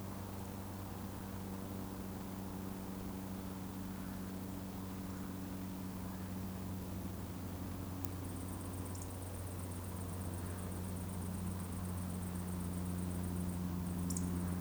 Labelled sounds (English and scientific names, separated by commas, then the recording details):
Eurasian Woodcock (Scolopax rusticola) whistle
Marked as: whistle, whistle, whistle, whistle
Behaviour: display flight
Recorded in Baden-Württemberg, Germany, on 23 June 2020 at 20:28 UTC
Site 14569, 102 m above sea level